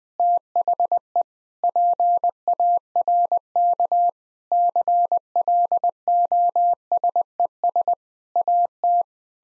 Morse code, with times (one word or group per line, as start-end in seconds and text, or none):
0.2-1.2 THE
1.6-4.1 PARK
4.5-7.9 CLOSES
8.4-9.0 AT